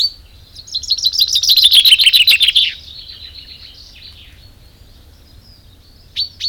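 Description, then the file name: Common chaffinch song: a loud, rapid trill of bright notes lasting about two seconds, then a short note near the end. "Fringilla coelebs"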